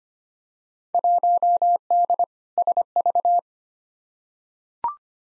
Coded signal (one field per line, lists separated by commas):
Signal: Morse code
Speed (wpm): 25 wpm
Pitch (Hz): 700 Hz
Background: none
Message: 1D SV